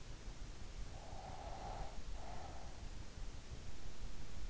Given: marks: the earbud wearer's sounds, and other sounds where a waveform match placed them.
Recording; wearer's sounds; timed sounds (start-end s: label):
sounds in sleep by an in-ear microphone; breath
0.71-3.04 s: breath